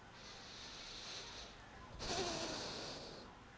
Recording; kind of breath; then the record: one breath in and out by a microphone near the nose and mouth; deep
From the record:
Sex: male